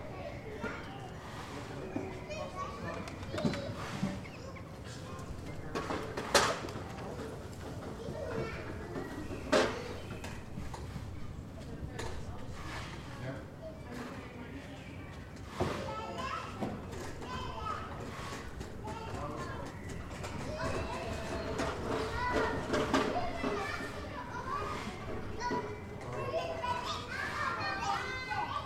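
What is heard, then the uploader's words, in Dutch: Inside a daycare center, children chatter and play continuously, many small voices overlapping in a dense, lively babble. Sharp shrieks and bangs stand out around 6, 10 and 16 seconds, and a steady low rumble runs underneath throughout. Kinderdagverblijf/Daycare Center Den Haag. Recorded with the Zoom's internal mics. Some slight wind.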